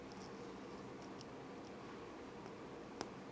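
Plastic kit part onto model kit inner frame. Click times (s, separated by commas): 3.0 s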